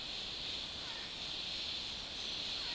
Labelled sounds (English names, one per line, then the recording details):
none
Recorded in dense forest near Puerto Asís, Putumayo, Colombia, on 21 February 2024 at 11:30
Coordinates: 0.502, -76.324
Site G6370